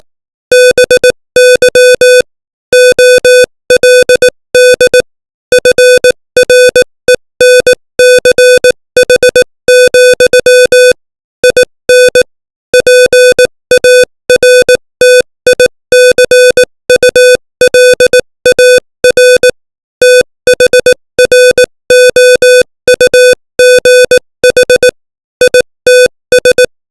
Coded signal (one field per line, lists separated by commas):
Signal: Morse code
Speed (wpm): 18 wpm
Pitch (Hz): 500 Hz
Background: music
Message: BY OLD FRENCH, IN PARTICULAR THROUGH ITS